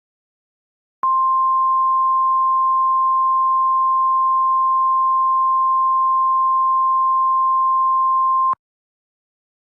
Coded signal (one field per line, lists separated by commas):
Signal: Emergency Alert System (SAME) tones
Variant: 1050 Hz attention tone